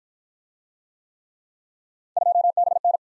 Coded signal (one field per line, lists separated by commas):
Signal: Morse code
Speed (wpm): 44 wpm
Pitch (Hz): 700 Hz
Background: none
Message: 2BN